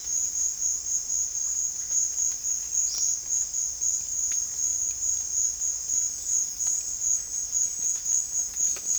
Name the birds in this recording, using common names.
Olive-faced Flatbill